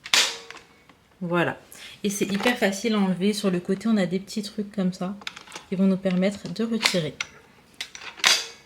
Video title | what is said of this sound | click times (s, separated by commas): CE VLOG TOURNE MAL 😞💔 | ça se clipse | 0.1 s